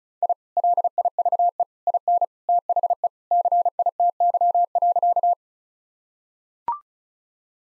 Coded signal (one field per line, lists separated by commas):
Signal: Morse code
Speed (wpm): 36 wpm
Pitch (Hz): 700 Hz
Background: none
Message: I LIVE IN THE CITY.